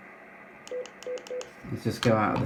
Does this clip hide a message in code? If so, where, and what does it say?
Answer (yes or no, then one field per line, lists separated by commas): no